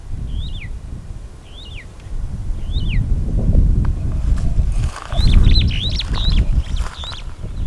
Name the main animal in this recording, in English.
Superb Starling